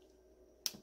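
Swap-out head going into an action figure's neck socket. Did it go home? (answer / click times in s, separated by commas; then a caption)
yes / 0.7 s. A swap-out mutant head is pushed onto the head socket at the neck of a plastic action figure, stiff at first, against a quiet low background. It snaps home with a single sharp, bright click at 0.7 s, followed by a brief faint rattle, and the head is seated in place.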